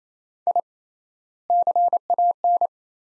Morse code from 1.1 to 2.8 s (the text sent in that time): CAN